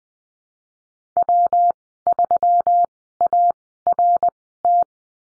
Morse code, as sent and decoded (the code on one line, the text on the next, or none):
.-- ...-- .- .-. -
W3ART